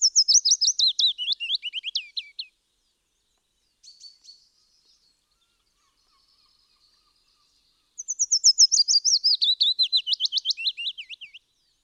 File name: Fitis Gesang Wildtiere in Europa